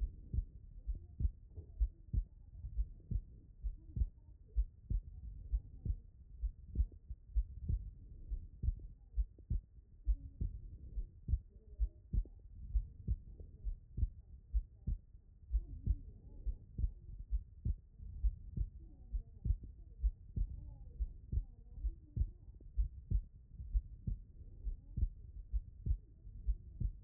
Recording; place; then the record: heart sounds by stethoscope; pulmonary valve (PV)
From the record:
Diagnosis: non-HFrEF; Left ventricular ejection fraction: 64%